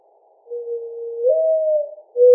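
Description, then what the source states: Mourning dove cooing: a soft, steady low hoot, then a slightly higher swelling note, then another low note that cuts off abruptly at the end. Recorded on 4 January 2007.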